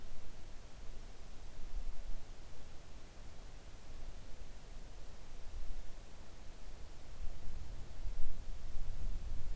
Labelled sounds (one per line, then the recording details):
near silence
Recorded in the Arctic National Wildlife Refuge, Alaska, on 3 August 2019 at 05:28
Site 41